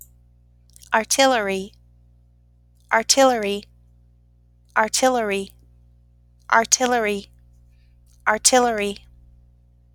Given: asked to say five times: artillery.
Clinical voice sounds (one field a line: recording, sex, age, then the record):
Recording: repeated word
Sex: female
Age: 30 to 39 years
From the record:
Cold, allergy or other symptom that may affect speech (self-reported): no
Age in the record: 31 years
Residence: North Carolina, United States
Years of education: 17